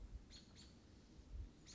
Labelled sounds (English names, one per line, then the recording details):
American Robin
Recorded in Sonoma County, California